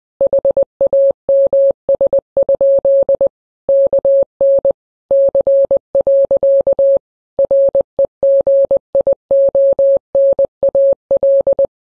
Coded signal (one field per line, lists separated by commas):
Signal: Morse code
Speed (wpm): 20 wpm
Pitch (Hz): 550 Hz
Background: none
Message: HAMS? KN C. REGIONAL